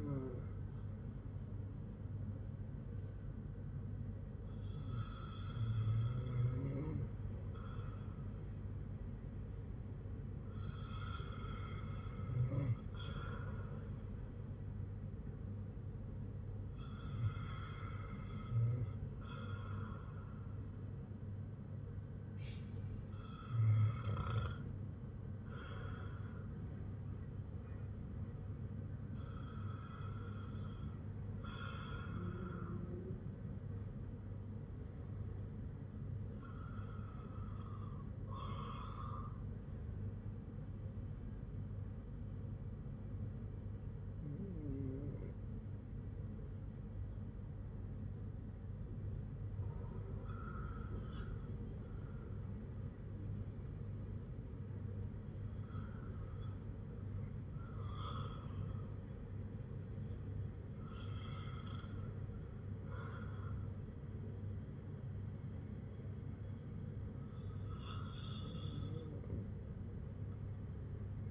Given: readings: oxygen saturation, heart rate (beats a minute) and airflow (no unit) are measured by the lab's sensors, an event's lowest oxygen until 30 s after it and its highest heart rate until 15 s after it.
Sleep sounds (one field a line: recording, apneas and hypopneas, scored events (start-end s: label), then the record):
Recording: breathing in sleep by a smartphone at the bedside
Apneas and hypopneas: none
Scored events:
none scored
From the record:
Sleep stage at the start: REM sleep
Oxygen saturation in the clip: 96 to 98%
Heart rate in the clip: 54 to 61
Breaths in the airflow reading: 12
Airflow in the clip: -6.2 to 5.9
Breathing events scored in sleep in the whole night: 182 in 7.4 hours asleep